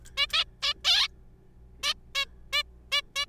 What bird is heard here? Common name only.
Zebra Finch